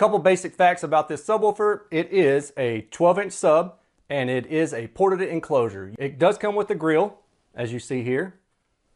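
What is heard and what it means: A thick plastic grille is being handled for fitting onto the front of an SVS PB-2000 Pro 12-inch ported subwoofer enclosure. Someone talks throughout, and no distinct click is heard. Nothing has seated or snapped into place yet.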